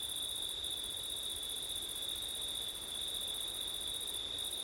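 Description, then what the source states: Crickets singing, a steady continuous high trill with a second band higher still that briefly breaks twice, over a soft rushing background. September night, with wind.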